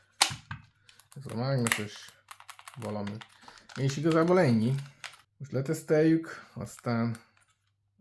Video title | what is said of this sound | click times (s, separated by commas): SCUF Envision Pro TMR upgrade – megelőztem a hibát | Ela se encaixa no lugar. | 0.2 s